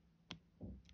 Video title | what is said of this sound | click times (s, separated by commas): How to replace all keycaps on a MacBook Pro A1706, A1707 and A1708 (2016 - 2018) | then hear and feel it click into place to | 0.3 s